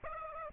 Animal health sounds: mosquito wingbeat signal from an infrared sensor; Aedes aegypti

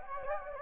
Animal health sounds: mosquito wingbeat signal from an infrared sensor; Anopheles gambiae

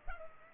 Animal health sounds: mosquito wingbeat signal from an infrared sensor; Culex pipiens

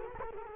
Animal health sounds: mosquito wingbeat signal from an infrared sensor; Culex quinquefasciatus

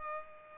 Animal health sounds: mosquito wingbeat signal from an infrared sensor; Culex pipiens

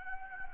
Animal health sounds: mosquito wingbeat signal from an infrared sensor; Anopheles gambiae

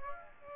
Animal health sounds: mosquito wingbeat signal from an infrared sensor; Aedes aegypti

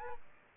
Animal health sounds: mosquito wingbeat signal from an infrared sensor; Aedes albopictus

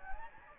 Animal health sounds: mosquito wingbeat signal from an infrared sensor; Anopheles gambiae

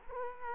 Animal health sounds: mosquito wingbeat signal from an infrared sensor; Culex quinquefasciatus

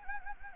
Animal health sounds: mosquito wingbeat signal from an infrared sensor; Anopheles gambiae

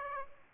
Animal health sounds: mosquito wingbeat signal from an infrared sensor; Aedes aegypti

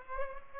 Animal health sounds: mosquito wingbeat signal from an infrared sensor; Aedes aegypti

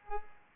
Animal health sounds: mosquito wingbeat signal from an infrared sensor; Culex pipiens

